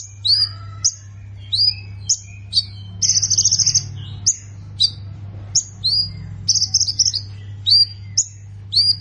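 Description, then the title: Prinia with sharp chirps and downslurred notes at uneven intervals, two short buzzy trills among them, against a low constant hum. "Ciblek Sawah"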